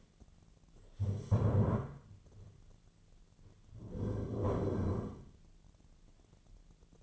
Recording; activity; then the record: daily activity, microphone in the room; stand up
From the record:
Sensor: 4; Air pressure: 1008.9 hPa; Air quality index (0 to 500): 170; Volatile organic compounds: 5 ppm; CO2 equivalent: 1706 ppm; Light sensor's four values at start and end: 23/73/28/27 and 23/73/28/27